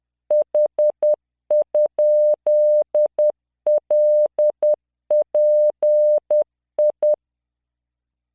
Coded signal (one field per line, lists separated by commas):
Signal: Morse code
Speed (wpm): 10 wpm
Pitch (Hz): 600 Hz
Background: none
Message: H?LPI